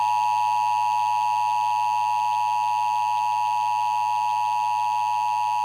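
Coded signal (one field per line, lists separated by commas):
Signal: Emergency Alert System (SAME) tones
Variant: 853 and 960 Hz attention tone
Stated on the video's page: Real EAS alerts captured during storms in the Northeast and Mid-Atlantic.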